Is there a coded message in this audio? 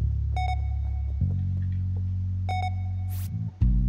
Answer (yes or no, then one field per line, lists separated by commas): no